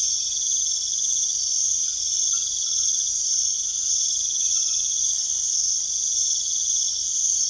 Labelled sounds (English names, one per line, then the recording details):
none
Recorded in secondary vegetation near Puerto Asís, Putumayo, Colombia, on 20 February 2024 at 02:30
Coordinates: 0.500, -76.326
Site G6428